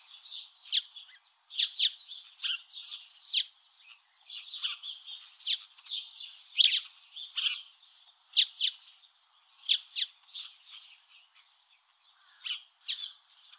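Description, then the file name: House Sparrow chattering steadily, scratchy chirps and sharp accented notes throughout. "Passer domesticus"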